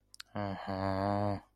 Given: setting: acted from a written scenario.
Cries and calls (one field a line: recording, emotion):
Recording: vocal sound without words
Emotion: contempt